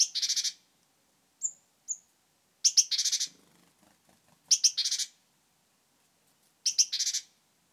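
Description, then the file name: Great tit churring calls: sharp doubled notes then harsh buzzy rattles, four bursts, with a couple of thin high tsee notes in between. "Parus major"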